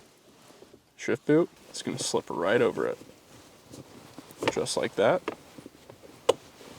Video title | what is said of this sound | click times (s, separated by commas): Billet Shifter Trim Subaru WRX (2015-2021) Install Guide | Heard that snap in. | 6.3 s